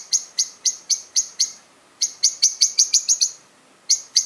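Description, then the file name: Common blackbird repeating sharp, metallic chink notes, slow at first and then quicker in a tight run. "Turdus merula"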